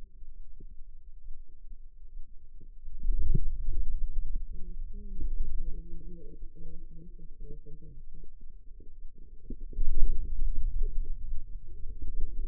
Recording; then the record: forearm muscle sounds (acoustic myography)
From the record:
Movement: hand opening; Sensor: system 2, bracelet of six BSWA MPA416 microphones around the upper forearm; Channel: 6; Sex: female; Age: 25 years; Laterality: right